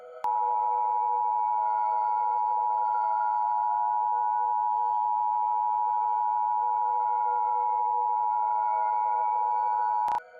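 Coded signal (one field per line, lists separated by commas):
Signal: Emergency Alert System (SAME) tones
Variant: 853 and 960 Hz attention tone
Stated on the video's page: Simulated EAS scenario, audio made with text-to-speech voices on an iPod touch.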